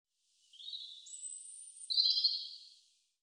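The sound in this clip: European robin singing one high, thin phrase of varied whistled notes and twittering trills, with a brighter burst near the end.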